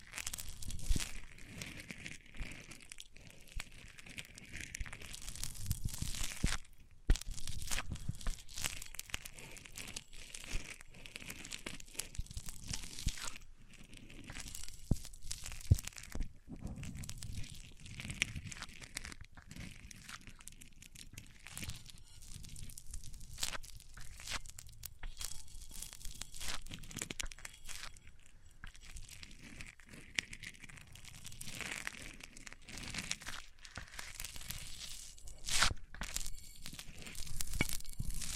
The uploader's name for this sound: Rubbing Mics On Different Surfaces